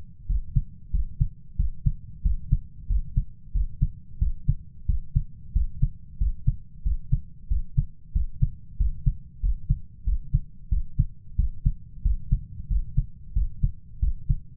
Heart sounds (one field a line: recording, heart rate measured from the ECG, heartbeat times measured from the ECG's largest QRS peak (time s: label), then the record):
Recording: heart sounds by stethoscope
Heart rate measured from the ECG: 92 bpm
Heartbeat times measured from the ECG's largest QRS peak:
0.29 s: heartbeat
0.94 s: heartbeat
1.59 s: heartbeat
2.25 s: heartbeat
2.90 s: heartbeat
3.55 s: heartbeat
4.21 s: heartbeat
4.89 s: heartbeat
5.55 s: heartbeat
6.21 s: heartbeat
6.86 s: heartbeat
7.51 s: heartbeat
8.15 s: heartbeat
8.80 s: heartbeat
9.43 s: heartbeat
10.07 s: heartbeat
10.72 s: heartbeat
11.39 s: heartbeat
12.05 s: heartbeat
12.70 s: heartbeat
13.36 s: heartbeat
14.02 s: heartbeat
From the record:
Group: healthy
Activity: rest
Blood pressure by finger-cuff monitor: 138/76 mmHg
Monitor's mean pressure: 93 mmHg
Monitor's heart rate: 92 bpm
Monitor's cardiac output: 7.7 L/min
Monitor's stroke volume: 84 mL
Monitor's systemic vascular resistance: 900 dyn s/cm5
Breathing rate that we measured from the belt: 19 breaths a minute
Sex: male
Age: 21 years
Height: 175 cm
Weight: 72.6 kg